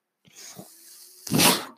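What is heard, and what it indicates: Two soft low thuds, then a faint steady hum, then a sharp, loud hiss of rushing air lasting under half a second. This is the noise of a home mechanical ventilator delivering or venting a breath, a single cycle from the breathing machine used by the person speaking.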